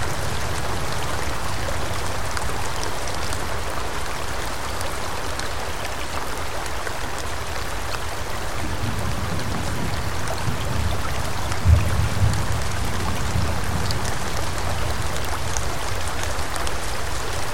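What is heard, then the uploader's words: Steady rain falls in a forest, a dense, even patter with fine drops ticking on leaves and a soft rushing wash underneath. A low rumble swells in the middle, deepest from about 9 to 13 seconds, with a couple of dull thumps near 12 seconds. Sounds of Rain and Thunder in Mystical Forest with Gentle Stream.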